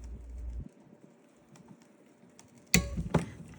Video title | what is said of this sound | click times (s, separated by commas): I replaced my stock cat with a Magnaflow RSX Type-S Direct Fit Catalytic Converter: Install & Review | just gonna hold it down and wait till it clicks. | 2.7 s